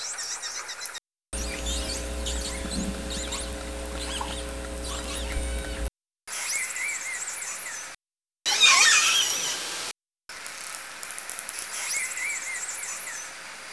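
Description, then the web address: Orca squeals and squeaky calls in several cut sections, some with steady humming tones underneath, one loud burst of squeals and a run of rapid clicks near the end. "Nora Learning Orca Calls"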